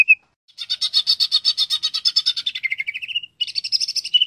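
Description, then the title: Greater green leafbird song: a short whistled note, then a long fast buzzy chatter of pulsed notes ending in a lower trill, then another high rapid chattering burst. "Cucak Ijo"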